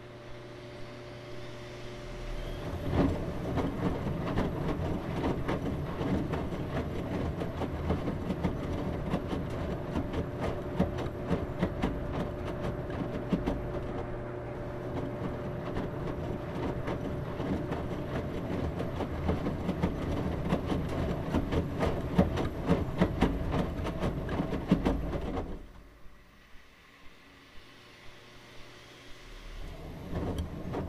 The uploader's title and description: Washing Machine ASMR White Noise. Repetitive sounds of you’re washing machine